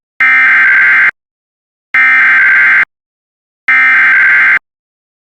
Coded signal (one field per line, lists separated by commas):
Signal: Emergency Alert System (SAME) tones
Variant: header bursts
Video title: 15x header on WJON (EAS #211-225)